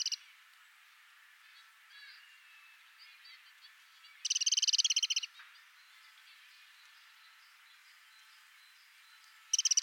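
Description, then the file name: Eurasian wren: the end of a rattle, soft faint chirps, then a fast, dry rattle of ticks mid-way, and another rattle beginning at the end. "Troglodytes troglodytes"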